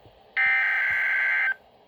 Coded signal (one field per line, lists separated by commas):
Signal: Emergency Alert System (SAME) tones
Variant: header bursts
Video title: Tornado Warning (EAS #8)